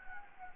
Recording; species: mosquito wingbeat signal from an infrared sensor; Anopheles gambiae